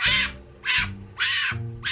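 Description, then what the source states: Fennec fox screaming: four harsh, high, noisy screams, separated by short gaps. Desert fox; screamed and wailed at high pitches with an erratic, unhinged quality.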